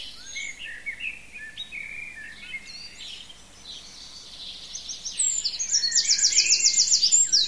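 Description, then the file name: Birds: quiet twittering of several birds gives way to a loud, rapid, evenly pulsed trill in the final two seconds. "zvuki peniia ptits"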